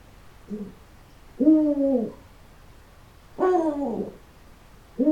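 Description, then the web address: Eurasian eagle-owl calls, a soft short note followed by longer arched harmonic calls about two seconds apart, over faint background noise. "uhu video flocke-u-toshi"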